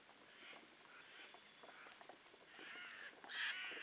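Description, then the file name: Eurasian jay making hoarse, scratchy calls, softer at first, then a louder rasping screech near the end, over a crackling background. "Garrulus glandarius"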